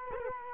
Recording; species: mosquito wingbeat signal from an infrared sensor; Culex quinquefasciatus